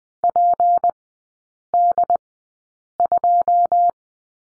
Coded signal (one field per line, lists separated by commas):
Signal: Morse code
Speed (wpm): 20 wpm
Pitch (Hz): 700 Hz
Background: none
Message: PD2